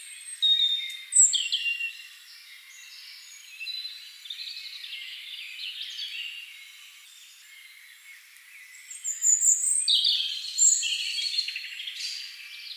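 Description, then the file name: European robin singing high, tinkling phrases of mixed whistles and twitters, separated by quiet gaps, ending with a louder sparkling run of thin notes. "Erithacus rubecula"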